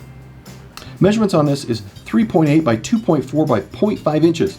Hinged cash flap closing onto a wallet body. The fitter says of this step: you push that back over, snaps into place, ready to go. Awesome.